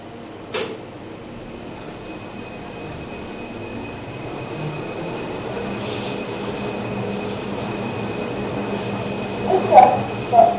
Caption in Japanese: ちょっとね、こもってて分かりにくいんだけれども ctとか、あ、そうです、当たりですね。 こんな音でやってますct。